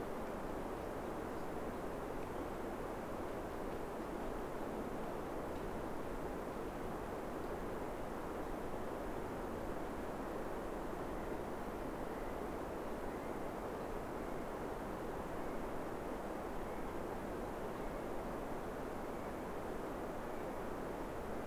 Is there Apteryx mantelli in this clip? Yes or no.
yes